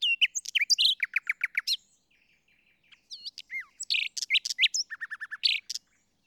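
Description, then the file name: Common nightingale song: fast repeated chattering notes, a quiet pause with soft piping, then a sweeping whistle and a renewed rapid rattling series. "Luscinia megarhynchos"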